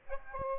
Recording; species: mosquito wingbeat signal from an infrared sensor; Aedes aegypti